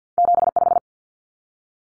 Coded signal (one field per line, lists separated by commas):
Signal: Morse code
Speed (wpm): 48 wpm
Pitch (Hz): 700 Hz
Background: none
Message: 75